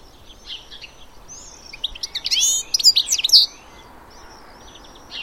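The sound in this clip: Bird calls, a quick burst of high chirps crowded together, with fainter high notes before and after over a steady hiss.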